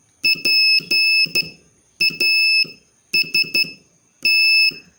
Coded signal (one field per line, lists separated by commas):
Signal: Morse code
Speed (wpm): 12 wpm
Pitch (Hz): 2600 Hz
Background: none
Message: PAST